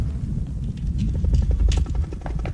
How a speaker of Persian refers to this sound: هلیکوپتر اونجاست، زیادم هستم.